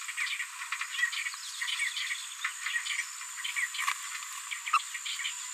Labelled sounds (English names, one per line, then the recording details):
Green-rumped Parrotlet babbling
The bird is a female
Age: 26 days
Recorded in a nest box in Venezuela
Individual 17B73B3